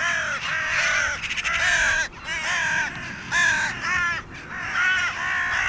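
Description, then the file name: Carrion crow cawing loudly, harsh rasping calls in short bursts, separated by brief pauses. "Corvus corone"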